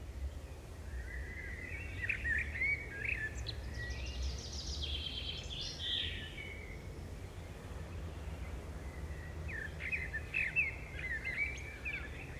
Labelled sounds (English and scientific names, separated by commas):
Common Blackbird (Turdus merula) song